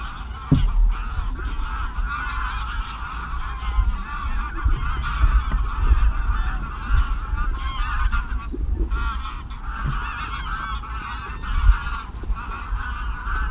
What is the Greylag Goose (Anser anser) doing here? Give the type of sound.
call